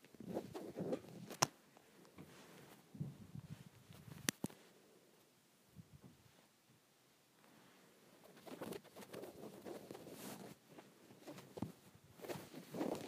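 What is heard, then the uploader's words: Fabric of a shirt being scratched in close, soft rustling bursts, with sharp clicks near 1.5 and 4.3 seconds and a quiet lull midway. Scratching my Shirt.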